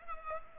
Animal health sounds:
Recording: mosquito wingbeat signal from an infrared sensor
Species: Culex pipiens

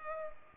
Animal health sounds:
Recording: mosquito wingbeat signal from an infrared sensor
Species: Culex pipiens

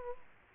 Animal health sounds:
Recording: mosquito wingbeat signal from an infrared sensor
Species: Culex quinquefasciatus

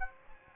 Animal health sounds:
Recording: mosquito wingbeat signal from an infrared sensor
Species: Aedes aegypti

